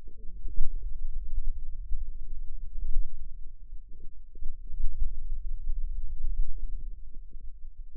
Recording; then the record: forearm muscle sounds (acoustic myography)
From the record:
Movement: hand closing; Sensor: system 2, bracelet of six BSWA MPA416 microphones around the upper forearm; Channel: 1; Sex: female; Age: 21 years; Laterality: right